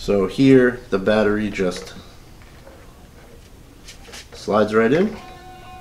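A flight battery is slid into the rear bay of a small plastic DJI Ryze Tello quadcopter drone while someone talks over faint background music. Nothing has seated or clicked yet; the clip ends just before the battery goes home.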